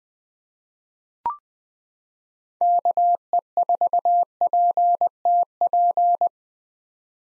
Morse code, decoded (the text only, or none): KE4PTP